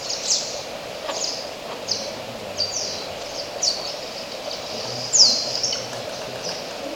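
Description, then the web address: Oilbird calls: scattered brief, high, sharply descending bursts, with one louder burst near the end, over constant background hiss. "sound Oilbird. صدای-مرغ-روغنی"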